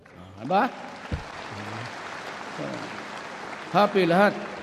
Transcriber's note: applause